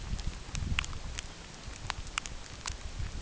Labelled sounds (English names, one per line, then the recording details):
none
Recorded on Arctic tundra, site UTQI-8, on 9 June 2019
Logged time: 16:00